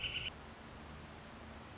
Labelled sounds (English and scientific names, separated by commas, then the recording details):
Northern Flicker (Colaptes auratus)
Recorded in Sonoma County, California